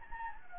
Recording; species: mosquito wingbeat signal from an infrared sensor; Anopheles gambiae